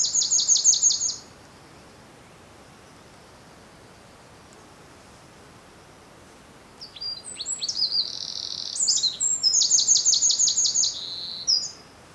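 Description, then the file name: Eurasian wren song: a rapid burst of high, sharp repeated notes, a long pause, then a loud tumbling phrase of high twitters and fast trills. "Troglodytes troglodytes"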